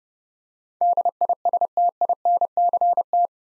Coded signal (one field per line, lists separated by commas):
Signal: Morse code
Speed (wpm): 32 wpm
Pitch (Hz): 700 Hz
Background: none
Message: DISTINCT